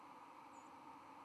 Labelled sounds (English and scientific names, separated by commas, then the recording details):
White-throated Sparrow (Zonotrichia albicollis) flight call
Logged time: 03:04 on 31 October 2014